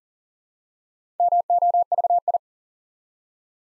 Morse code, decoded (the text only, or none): MOVI